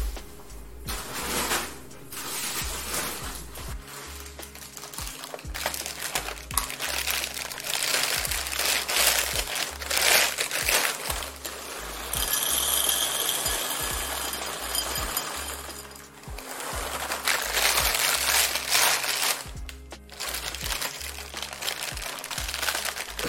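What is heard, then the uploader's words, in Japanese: Breakfast-time sounds after waking: busy crinkling, rustling and small clinks that go on almost without pause. Underneath runs a steady low thumping pulse, roughly once a second. The activity briefly quiets near 1 and 16 seconds before picking up again. 朝起きてから朝食の雰囲気、周りの音をASMRで収録しました。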